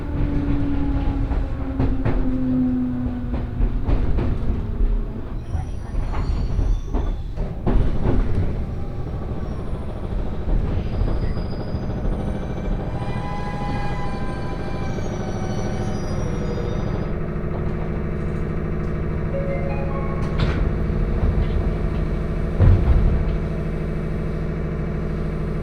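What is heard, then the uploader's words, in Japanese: A Senseki Line local train rumbles steadily on its run, with a low drone, brief squeals and clunks, and a louder clank near twenty-three seconds. 仙石線 普通 松島海岸→石巻。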